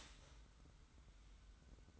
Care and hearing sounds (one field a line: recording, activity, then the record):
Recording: daily activity, microphone in the room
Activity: start toaster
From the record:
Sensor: 3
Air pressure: 990.7 hPa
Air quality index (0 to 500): 157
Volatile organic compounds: 698 ppm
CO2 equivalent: 5040 ppm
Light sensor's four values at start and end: 35/83/33/31 and 35/83/33/31